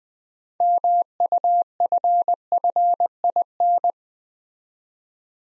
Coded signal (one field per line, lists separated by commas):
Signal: Morse code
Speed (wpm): 20 wpm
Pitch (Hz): 700 Hz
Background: none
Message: MUFFIN